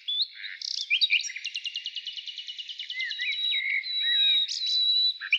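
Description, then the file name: Nightingale song with a rapid staccato series of repeated notes, then a long pure whistle held steady before sharp closing notes. Recorded in the morning. "Utro i solovey"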